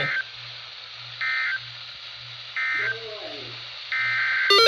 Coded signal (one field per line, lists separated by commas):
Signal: Emergency Alert System (SAME) tones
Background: speech